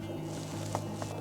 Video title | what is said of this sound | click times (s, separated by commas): DJI Avata 2 vs. Brutal Snowstorm! ❄️ | it's not clicking in too | none